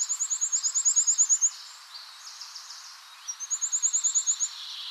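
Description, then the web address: Forest pipit delivering a fast, high-pitched trill, a brief pause with fainter notes, then a second similar rapid trill. "forest pipit bird call"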